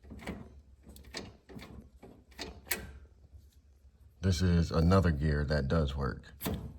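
A synchro sleeve is handled against a working gear on the removed manual transmission gear set of a 2009 Scion xB, the kind used to compare against a destroyed fifth gear. Short metallic taps and scrapes sound over the first four seconds, and then someone talks from about 4.2 s to the end. The sleeve has not engaged the gear yet, so nothing has seated or clicked.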